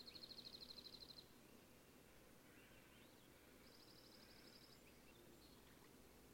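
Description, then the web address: Song sparrow song: faint high, rapid trills of evenly repeated notes, with a few softer warbled notes between them, over steady background noise. Recorded in a backyard in Sitka on 14 May 2012. "20120514 Song Sparrow Sitka backyard"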